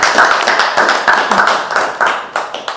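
An audience applauds, many hands clapping together in a dense, steady burst of sharp overlapping claps that stays loud for a few seconds with no talking over it.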